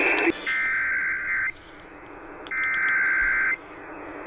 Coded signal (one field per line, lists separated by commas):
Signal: Emergency Alert System (SAME) tones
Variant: header bursts